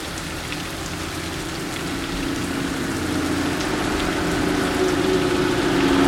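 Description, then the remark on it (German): Steady rain drums on a metal roof on a rainy night, a dense, continuous patter with a faint low hum beneath that swells slightly louder toward the end; no voices. “Der Regen trommelte auf das Metalldach.”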